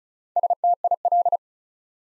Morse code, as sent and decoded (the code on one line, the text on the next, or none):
... - .. .-..
STIL